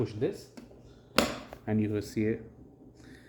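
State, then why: Seated. A plastic arm is pushed into its socket on the base of a Fisher-Price Sit Me Up infant floor seat and seats with a sharp snap at 1.2 s. A fainter click follows at 1.5 s, and someone talks before and after.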